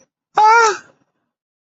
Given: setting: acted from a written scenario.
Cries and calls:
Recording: vocal sound without words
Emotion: elation

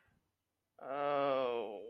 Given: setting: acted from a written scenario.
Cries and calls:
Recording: vocal sound without words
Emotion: sadness

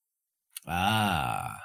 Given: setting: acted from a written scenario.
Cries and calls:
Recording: vocal sound without words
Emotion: realization

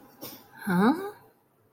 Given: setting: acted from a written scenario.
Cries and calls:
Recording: vocal sound without words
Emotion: confusion

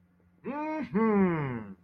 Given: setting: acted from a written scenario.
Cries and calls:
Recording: vocal sound without words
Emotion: triumph

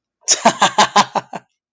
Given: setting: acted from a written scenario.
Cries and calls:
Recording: vocal sound without words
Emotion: amusement

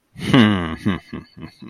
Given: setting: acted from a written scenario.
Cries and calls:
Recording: vocal sound without words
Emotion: contempt

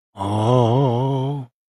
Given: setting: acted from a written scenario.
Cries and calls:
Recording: vocal sound without words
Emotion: awe

